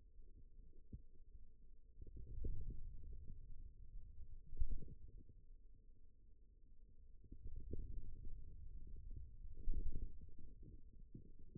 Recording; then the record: forearm muscle sounds (acoustic myography)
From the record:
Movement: ulnar deviation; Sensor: system 2, bracelet of six BSWA MPA416 microphones around the upper forearm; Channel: 6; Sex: male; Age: 22 years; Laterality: right